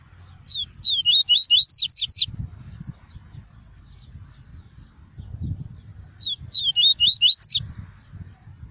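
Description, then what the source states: Double-collared seedeater song: two bright phrases of several quick slurred, swooping whistles, repeated roughly six seconds apart, over a low background rumble. Song of the "tui-tui" variety.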